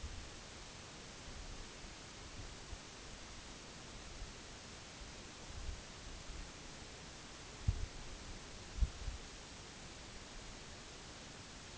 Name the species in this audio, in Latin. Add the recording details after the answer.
none. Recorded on Arctic tundra, site NAIT-1, on 2 July 2019. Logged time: 18:00